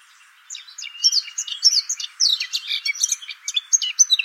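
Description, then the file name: Eurasian blackcap singing a fast, continuous warble of jumbled high chirps and short whistles that starts after half a second of quiet. "Sylvia atricapilla"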